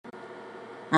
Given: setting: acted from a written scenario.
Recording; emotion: vocal sound without words; contempt